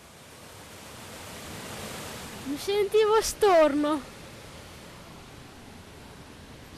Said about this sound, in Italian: E sentivo l'acqua dentro di me, un po', cioè sentivo tutta l'acqua dentro, com'è. Il suono lo sentivo molto più forte e la sentivo meglio la cascata.